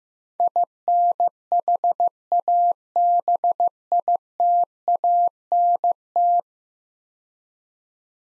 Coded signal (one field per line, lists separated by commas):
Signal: Morse code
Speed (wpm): 16 wpm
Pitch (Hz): 700 Hz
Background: none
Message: INHABITANT